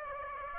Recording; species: mosquito wingbeat signal from an infrared sensor; Aedes aegypti